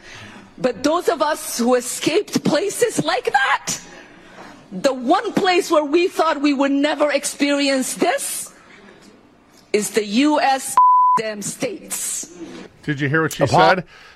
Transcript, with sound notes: but those of us who escaped places like that, the one place where we thought we would never experience this, is the US (beep) damn states.
Did you hear what she said?